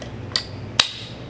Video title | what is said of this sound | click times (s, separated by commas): American Muscle V2! | No hassle at all. Had no issues, it just kind of snapped right in. | 0.8 s